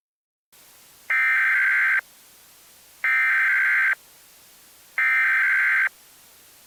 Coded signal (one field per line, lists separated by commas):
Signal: Emergency Alert System (SAME) tones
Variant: header bursts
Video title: The EAS Scenario: Tornado of the Severe Threats.